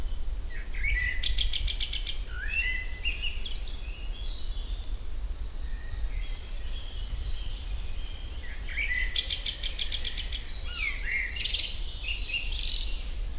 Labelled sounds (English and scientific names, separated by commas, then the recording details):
Common Blackbird (Turdus merula) song
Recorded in the wild
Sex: male
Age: adult
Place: Lübars (Fließtal), Berlin, DE
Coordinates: 52.6167, 13.35
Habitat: forest
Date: 1999-05-30 12:55
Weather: fair, 26°C
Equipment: Sony MD-WM MZ-R3, Sennheiser ME 80, Kopie Uher 4000 Report Monitor
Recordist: Tembrock, Günter